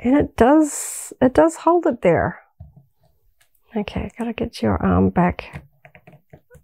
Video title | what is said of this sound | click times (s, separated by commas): Wrecker (Mercenary Gear) Black Series 6" Figure - Star Wars Unboxing | and I get the feeling it's going to be one of those ones if you're just a little bit rough with it it's going to pop straight off because it's it feels like it doesn't click in there it's just kind of | none